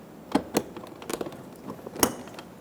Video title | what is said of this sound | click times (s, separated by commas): How to Replace Rear Window Motor & Regulator Assemblies 2014-2018 Chevrolet Silverado 1500 | push until you hear a click if you don't give it a pull make sure it's locked on | 2.0 s